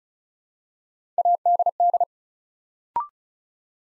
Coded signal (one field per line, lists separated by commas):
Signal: Morse code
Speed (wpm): 36 wpm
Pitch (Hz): 700 Hz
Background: none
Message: ADD